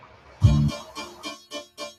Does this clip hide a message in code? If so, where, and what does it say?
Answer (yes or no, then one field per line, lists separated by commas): no